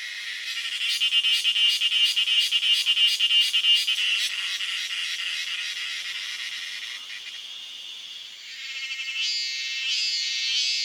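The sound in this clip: Cicada call, a high, dense buzz pulsing rapidly for about four seconds, then a steadier drone that shifts higher toward the end.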